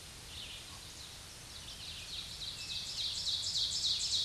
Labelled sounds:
Ovenbird (Seiurus aurocapilla) song
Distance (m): 30 m
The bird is about 15 m above the microphone
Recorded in a Pennsylvania forest on 16 May 2024 at 07:05
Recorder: AudioMoth, point MSD-2146
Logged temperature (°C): 16.7 °C
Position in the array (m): 147 m, 5 m

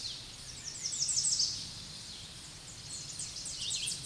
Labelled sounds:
American Redstart (Setophaga ruticilla) song
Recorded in a Pennsylvania forest on 16 May 2024 at 06:52
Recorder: AudioMoth, point MSD-2377
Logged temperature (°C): 16.1 °C
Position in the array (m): 125 m, 211 m

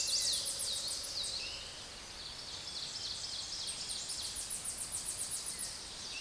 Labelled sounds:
Ovenbird (Seiurus aurocapilla) song
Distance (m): 40 m
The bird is about 5 m above the microphone
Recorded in a Pennsylvania forest on 16 May 2024 at 06:07
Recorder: AudioMoth, point MSD-1849
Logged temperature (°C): 12.1 °C
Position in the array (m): 65 m, 11 m

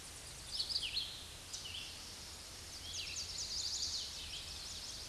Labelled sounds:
Red-eyed Vireo (Vireo olivaceus) song
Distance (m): 30 m
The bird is about 15 m above the microphone
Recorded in a Pennsylvania forest on 16 May 2024 at 07:17
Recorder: AudioMoth, point MSD-2208
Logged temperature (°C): 15.2 °C
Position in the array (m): 167 m, 70 m

